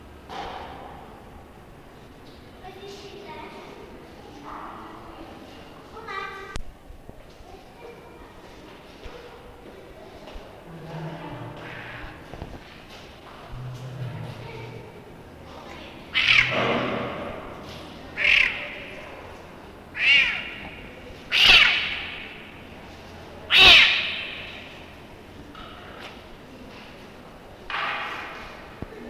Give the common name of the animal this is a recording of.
Serval